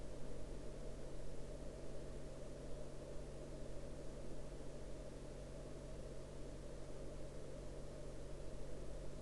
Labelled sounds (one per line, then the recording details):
man-made sound
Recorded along the Dempster Highway, Canada, on 27 September 2020 at 08:01
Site 12